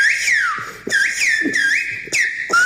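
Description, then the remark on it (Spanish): Silbo Gomero whistled language whistling the name of a national radio station: a run of loud, piercing whistled phrases, each gliding down or swooping up in pitch, separated by brief breaks, with no talking. “Quien tenga el oído afinado habrá escuchado Radio Nacional de España. Efectivamente, en Silbo Gomero.”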